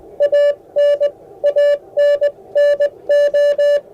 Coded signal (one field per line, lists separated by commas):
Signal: Morse code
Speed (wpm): 20 wpm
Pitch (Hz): 580 Hz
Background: none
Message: AN ANNO